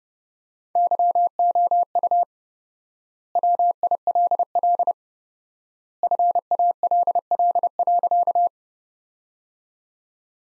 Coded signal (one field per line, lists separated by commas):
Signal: Morse code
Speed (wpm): 32 wpm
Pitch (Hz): 700 Hz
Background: none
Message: YOU WILL FALL.